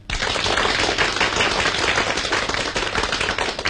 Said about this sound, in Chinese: 你们热烈鼓掌，这个掌是可以鼓的。